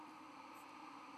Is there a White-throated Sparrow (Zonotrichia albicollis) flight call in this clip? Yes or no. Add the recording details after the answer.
no. No flight call is heard. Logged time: 22:59 on 31 October 2014